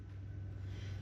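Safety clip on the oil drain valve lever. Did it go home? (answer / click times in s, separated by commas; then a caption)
no / none. A small safety clip is being handled at the oil drain valve lever of a 6.7 PowerStroke (F-250/F-350 Super Duty), where it pops on to keep the lever from being pulled open accidentally. A steady low hum and rumble fill the clip, with no distinct sudden sounds. Nothing has seated or clicked yet.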